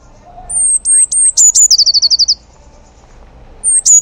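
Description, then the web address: Eurasian blue tit song: high thin notes leading into a rapid rolling trill, then silence before another high thin note starting the next phrase. "cianscape. Deverinetal"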